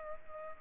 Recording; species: mosquito wingbeat signal from an infrared sensor; Culex pipiens